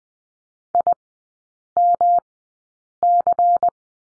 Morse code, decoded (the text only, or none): IMC